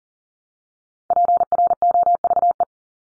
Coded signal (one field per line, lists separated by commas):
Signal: Morse code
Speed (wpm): 40 wpm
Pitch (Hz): 700 Hz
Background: none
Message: PROVE